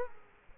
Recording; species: mosquito wingbeat signal from an infrared sensor; Culex quinquefasciatus